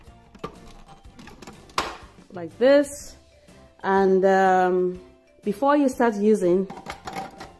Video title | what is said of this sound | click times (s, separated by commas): Hamilton Beach Food Processor Unboxing. Can Do Amazing Things! | you just have to snap in place like | 1.8 s